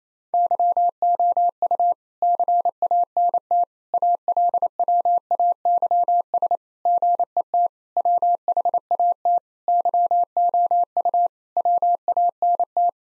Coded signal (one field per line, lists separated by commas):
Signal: Morse code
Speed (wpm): 28 wpm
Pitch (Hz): 700 Hz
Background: none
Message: YOU CANT ALWAYS GET WHAT YOU WANT